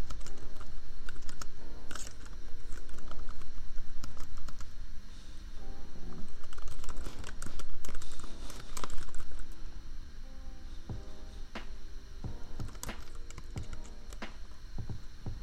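Keyboard tapping clicks along in irregular bursts over a lofi beat, its low pulsing bass and hazy chords filling the bottom. A steady laptop fan hum sits underneath throughout. The sound swells between six and nine seconds, then settles slightly quieter.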